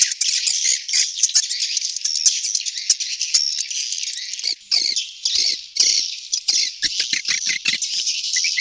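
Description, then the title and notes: Swiftlets calling with rapid high chirps and rattling twitters, dense at first, then broken into short clustered bursts. Sound used in swiftlet farming in Asia. "Swiflet Bird Sound. Farming Swiflet Bird asia sound"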